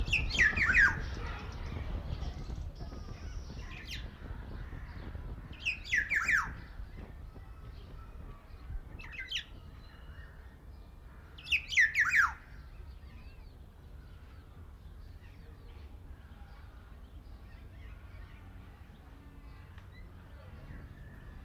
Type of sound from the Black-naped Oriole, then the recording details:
call. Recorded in captivity. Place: Zoo Berlin, Berlin, DE. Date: 1995-03-11 11:28. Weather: sonnig, 0 - 5 °C. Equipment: Sony WM-D6C, Sennheiser ME 80, Kopie Uher Variocord 263. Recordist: Tembrock, Günter